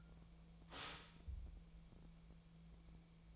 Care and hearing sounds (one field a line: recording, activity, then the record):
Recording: daily activity, microphone in the room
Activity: stop toaster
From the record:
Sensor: 1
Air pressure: 1000.3 hPa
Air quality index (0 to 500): 155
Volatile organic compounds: 3 ppm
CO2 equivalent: 1453 ppm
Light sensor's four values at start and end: 30/75/31/38 and 30/74/31/38